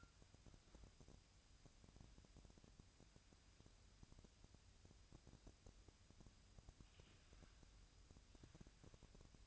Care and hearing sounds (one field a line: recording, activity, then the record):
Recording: daily activity, microphone in the room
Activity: wipe stove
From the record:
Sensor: 2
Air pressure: 1003.1 hPa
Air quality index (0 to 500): 201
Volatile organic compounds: 6 ppm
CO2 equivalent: 1911 ppm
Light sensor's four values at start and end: 9/22/9/10 and 9/22/9/10